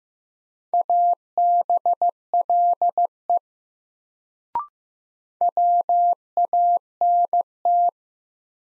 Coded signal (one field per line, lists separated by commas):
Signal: Morse code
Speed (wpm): 15 wpm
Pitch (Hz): 700 Hz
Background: none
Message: ABLE WANT